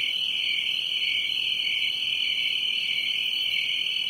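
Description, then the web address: Crickets make an unbroken shrill trill, many insects blending into one high, lightly throbbing buzz throughout. "Production Music SOUND EFFECTS 1 Crickets"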